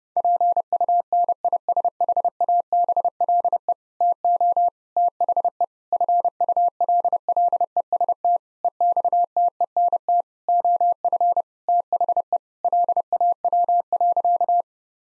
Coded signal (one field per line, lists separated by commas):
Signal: Morse code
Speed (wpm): 30 wpm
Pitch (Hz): 700 Hz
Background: none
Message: PUNISHABLE TO THE FULLEST EXTENT OF THE LAW.